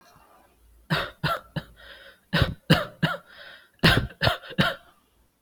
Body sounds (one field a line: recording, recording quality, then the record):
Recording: shallow voluntary cough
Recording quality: excellent, no background noise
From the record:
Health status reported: COVID-19 positive, moderate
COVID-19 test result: positive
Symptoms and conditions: breathing difficulty, fever, fatigue, muscle pain, loss of smell and taste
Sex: male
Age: 27 years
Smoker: not ticked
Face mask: not worn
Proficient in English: yes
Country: India